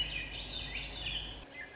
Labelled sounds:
Swainson's Thrush (Catharus ustulatus)
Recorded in Sonoma County, California

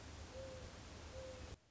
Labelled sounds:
Mourning Dove (Zenaida macroura)
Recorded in Sonoma County, California

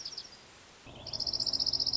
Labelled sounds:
Dark-eyed Junco (Junco hyemalis)
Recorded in Sonoma County, California

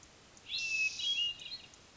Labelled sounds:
Hermit Thrush (Catharus guttatus)
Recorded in Sonoma County, California

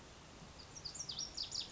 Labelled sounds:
Lazuli Bunting (Passerina amoena)
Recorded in Sonoma County, California

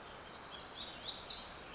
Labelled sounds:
Black-throated Gray Warbler (Setophaga nigrescens)
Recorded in Sonoma County, California

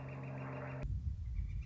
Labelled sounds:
Northern Flicker (Colaptes auratus)
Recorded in Sonoma County, California

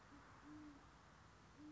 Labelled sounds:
Band-tailed Pigeon (Patagioenas fasciata)
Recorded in Sonoma County, California

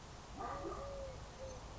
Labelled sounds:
Eurasian Collared Dove (Streptopelia decaocto)
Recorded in Sonoma County, California

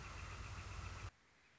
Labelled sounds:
Northern Flicker (Colaptes auratus)
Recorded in Sonoma County, California

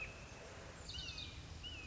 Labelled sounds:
Red-shouldered Hawk (Buteo lineatus)
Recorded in Sonoma County, California

